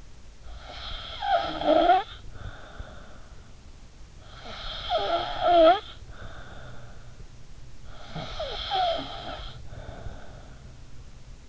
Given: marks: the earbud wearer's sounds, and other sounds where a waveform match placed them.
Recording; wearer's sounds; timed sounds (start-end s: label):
sounds in sleep by an in-ear microphone; snoring breath
0.00-10.94 s: snoring breath